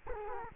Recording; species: mosquito wingbeat signal from an infrared sensor; Culex quinquefasciatus